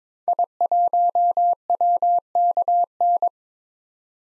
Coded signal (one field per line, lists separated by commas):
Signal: Morse code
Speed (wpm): 22 wpm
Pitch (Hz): 700 Hz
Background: none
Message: I1WKN